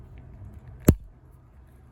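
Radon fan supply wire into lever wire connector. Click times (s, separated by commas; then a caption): 0.9 s. The orange plastic lever of a lever-type wire connector is snapped closed to clamp the stripped radon fan supply wire, which has been slid fully into the hole. A single sharp snap at 0.9 s stands out over quiet low background noise. The lever locks and the wire is seated.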